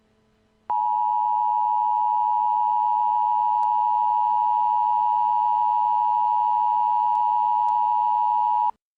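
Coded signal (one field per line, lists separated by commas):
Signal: Emergency Alert System (SAME) tones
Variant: 853 and 960 Hz attention tone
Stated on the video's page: Mock severe thunderstorm warning for Florida made with AWIPS CAVE software, labeled a test and not real.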